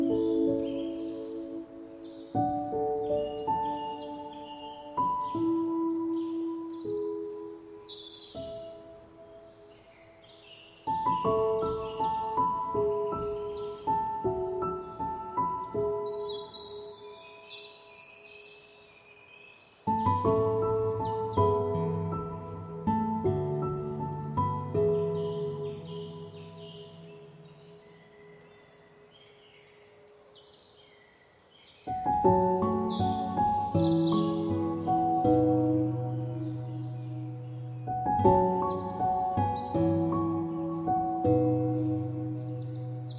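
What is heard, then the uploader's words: Gentle piano and guitar chords ring out in phrases that fade, with birds chirping brightly in the background throughout, clustering near the start and end. Piano Music & Guitar Music with Birds Chirping.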